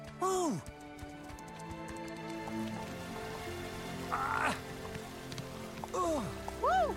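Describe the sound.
Water gushes and splashes out in a steady, noisy rush, with a brief louder surge midway, while swooping, sliding voice-like calls rise and fall over it.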